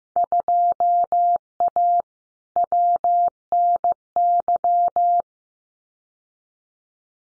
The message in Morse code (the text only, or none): 2A WNY